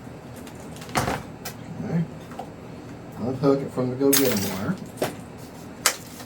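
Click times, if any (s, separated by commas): 5.9 s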